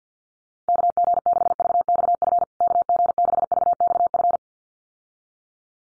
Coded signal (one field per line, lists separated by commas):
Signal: Morse code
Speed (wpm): 50 wpm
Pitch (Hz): 700 Hz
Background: none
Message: KG6VXF KG6VXF